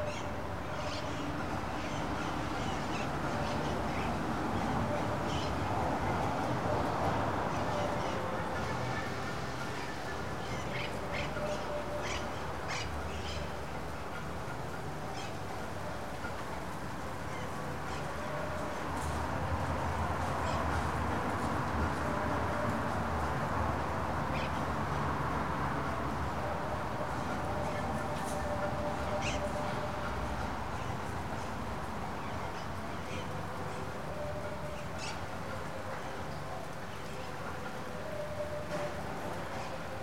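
A recording at the entrance of the Gran Hotel Pucón in Chile: a steady, dense murmur of street noise with scattered clicks and faint bird-like chirps.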